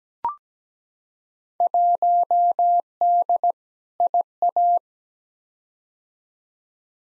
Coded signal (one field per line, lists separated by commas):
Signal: Morse code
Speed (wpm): 17 wpm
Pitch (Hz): 700 Hz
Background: none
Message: 1D IA